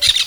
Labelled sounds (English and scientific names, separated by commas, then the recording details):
Brown-throated Parakeet (Eupsittula pertinax) contact call
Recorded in Venezuela
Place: Guárico; Corozopando; Fundo La Fe
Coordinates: 8.506, -67.593